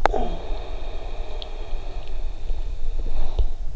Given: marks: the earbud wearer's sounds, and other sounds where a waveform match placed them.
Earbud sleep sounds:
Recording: sounds in sleep by an in-ear microphone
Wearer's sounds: breath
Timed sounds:
0.03-3.76 s: breath

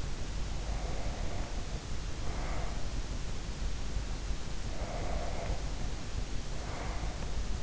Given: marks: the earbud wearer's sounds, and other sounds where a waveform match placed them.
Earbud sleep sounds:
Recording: sounds in sleep by an in-ear microphone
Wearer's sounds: breath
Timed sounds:
0.42-3.48 s: breath
4.36-7.62 s: breath

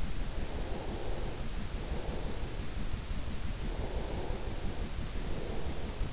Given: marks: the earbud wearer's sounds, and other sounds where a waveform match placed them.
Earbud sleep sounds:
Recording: sounds in sleep by an in-ear microphone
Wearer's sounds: breath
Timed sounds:
0.00-3.00 s: breath
4.00-6.00 s: breath

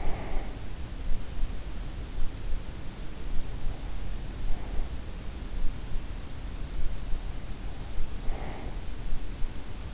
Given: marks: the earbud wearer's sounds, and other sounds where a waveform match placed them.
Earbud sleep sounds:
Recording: sounds in sleep by an in-ear microphone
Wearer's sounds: breath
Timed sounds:
0.00-0.51 s: breath
8.20-8.72 s: breath

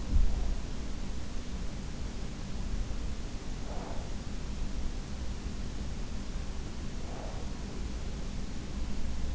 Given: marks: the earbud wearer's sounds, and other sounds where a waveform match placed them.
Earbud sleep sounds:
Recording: sounds in sleep by an in-ear microphone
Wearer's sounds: breath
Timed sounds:
0.00-0.43 s: breath
3.63-4.04 s: breath
6.92-7.92 s: breath

